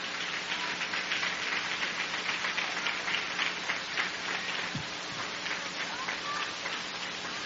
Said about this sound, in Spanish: Porque cuando el fuego de Dios está en nuestra vida, aplauda para el Rey.